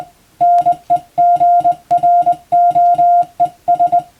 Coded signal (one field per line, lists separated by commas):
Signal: Morse code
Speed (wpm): 20 wpm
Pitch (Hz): 700 Hz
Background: music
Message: NEGROES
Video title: 無線従事者国家試験総合無線通信士電気通信術のトレーニングにＣＷを打ってみました。アマチュア無線ハムの受信練習にもどうぞ(morse code practice for radio operator )